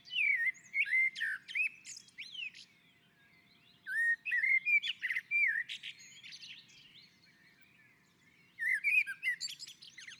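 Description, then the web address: Common blackbird song in three bursts of liquid whistled notes topped by shrill twittery endings, short silences between phrases. On a roof. "Naturinspelningar Koltrast på taket"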